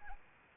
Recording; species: mosquito wingbeat signal from an infrared sensor; Anopheles arabiensis